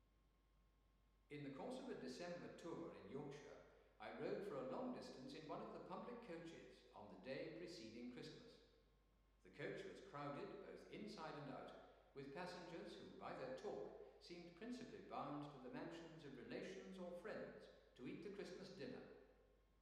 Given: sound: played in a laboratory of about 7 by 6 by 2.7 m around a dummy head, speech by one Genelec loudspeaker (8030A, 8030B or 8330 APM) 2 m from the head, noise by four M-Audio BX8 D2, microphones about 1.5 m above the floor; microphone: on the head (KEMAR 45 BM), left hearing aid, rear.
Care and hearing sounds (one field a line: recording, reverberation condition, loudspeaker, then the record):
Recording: male speech in English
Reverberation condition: high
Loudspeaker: 90 degrees to the left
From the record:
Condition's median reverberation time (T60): about 1300 ms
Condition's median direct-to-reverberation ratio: about -4.0 dB